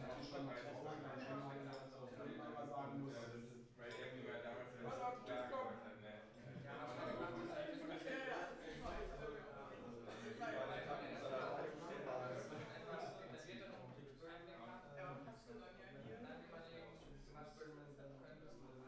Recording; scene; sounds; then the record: everyday scene through a hearing-aid microphone; many people talking; many voices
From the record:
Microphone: behind the ear, right, front